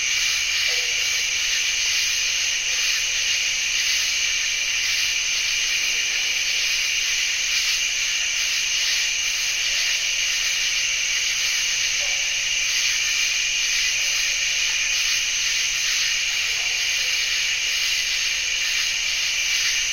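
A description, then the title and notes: A diffuse, steady chorus of bird-voiced treefrogs forms a dense high shimmering wash, unchanging throughout, with faint scattered lower calls beneath. Jessamine Bayou is a seasonally flooded forest in the heart of America's Amazon, the Mobile-Tensaw River Delta. These recordings are taken from overnight "drop rigs" left at the edge of a tributary surrounded cypress swamp and adjacent to a field of saw palmetto. In the evening a diffuse chorus of bird-voiced treefrogs.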